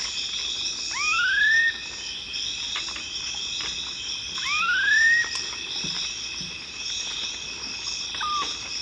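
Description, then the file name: Black-faced cotinga gives two rising whistles roughly three and a half seconds apart, backed by a dense continuous insect chorus. "Canto do anambe de cara preta"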